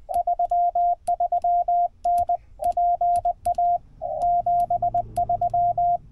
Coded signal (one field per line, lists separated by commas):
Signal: Morse code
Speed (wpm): 20 wpm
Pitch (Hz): 700 Hz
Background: radio noise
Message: 33N PA 73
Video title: POTA @ K-8843 PA State Gamelands #145 Feb. 3, 2024